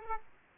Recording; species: mosquito wingbeat signal from an infrared sensor; Aedes aegypti